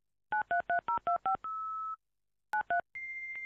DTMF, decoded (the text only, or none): 933025 93